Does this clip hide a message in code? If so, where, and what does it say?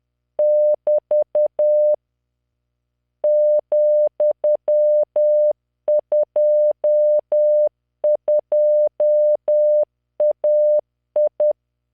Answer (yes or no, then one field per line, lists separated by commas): yes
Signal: Morse code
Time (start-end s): 0.4-11.5 s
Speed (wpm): 10 wpm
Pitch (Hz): 600 Hz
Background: none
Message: <BT> ,22AI